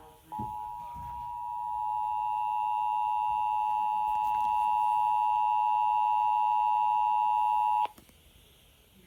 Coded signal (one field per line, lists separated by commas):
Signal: Emergency Alert System (SAME) tones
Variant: 853 and 960 Hz attention tone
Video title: EAS Amber Alert from NJ to PA WQXA-FM 105.7 The X EAS#71